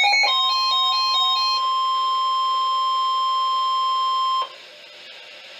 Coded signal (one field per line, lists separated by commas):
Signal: Emergency Alert System (SAME) tones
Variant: 1050 Hz attention tone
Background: music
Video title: EAS #1041 - Severe Thunderstorm Warning 5-16-2015